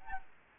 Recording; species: mosquito wingbeat signal from an infrared sensor; Aedes aegypti